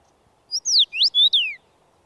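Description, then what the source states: Common Rosefinch song, one whistled phrase of about five slurred notes, some rising and some falling. Featured as nature sound of the week; sings in field-edge thickets, clearing saplings and lush gardens, males typically from a visible perch.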